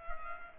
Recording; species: mosquito wingbeat signal from an infrared sensor; Culex pipiens